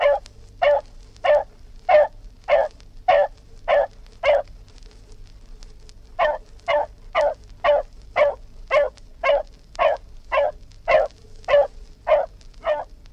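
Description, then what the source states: Dog barks repeatedly in quick regular runs, about twenty sharp barks with a short pause midway, steady low hum beneath. Dog barking; historical BBC collection.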